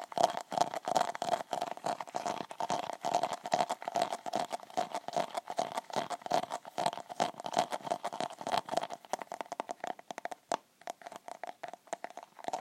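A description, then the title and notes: Fingertips tap and scratch a tub of moisturiser, dense quick strokes thinning into sparser taps near the end. Random triggers with a tub of moisturiser — normal, scratchy and fingertip tapping, scratching.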